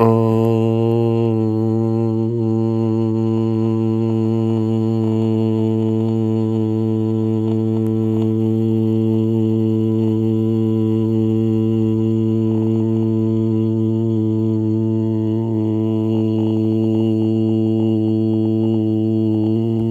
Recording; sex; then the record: sustained vowel /a/; male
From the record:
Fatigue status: fatigue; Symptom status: symptomatic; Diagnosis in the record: COVID-19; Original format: m4a